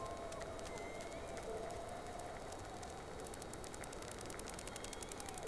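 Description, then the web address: Whale calls, several overlapping tonal notes with brief upsweeps and a held mid-pitched tone, amid continuous crackling noise and scattered clicks. Two whales recorded from the vessel Sea Snake on 3 October 2006 at about 14:02–14:05, second round of recording. "Sea Snake 10-3-06 Whales X 2 14-02 Round 2"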